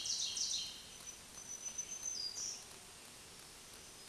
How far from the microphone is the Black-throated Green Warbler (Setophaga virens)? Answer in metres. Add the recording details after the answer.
about 25 m. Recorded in a Pennsylvania forest on 1 June 2023 at 08:58. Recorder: AudioMoth, point grid3_17_low. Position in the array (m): 213 m, 138 m